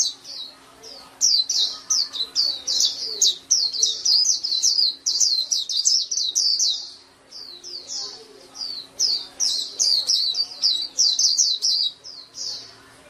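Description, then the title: Oriental magpie-robin song of rapid, high chirps in repeated phrases with short breaks, energetic throughout. "Kicau Kacer"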